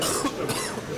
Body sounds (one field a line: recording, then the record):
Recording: coughing mixed with background sound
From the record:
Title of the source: Coughing 79